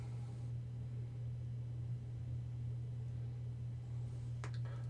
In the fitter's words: Okay, it popped back in.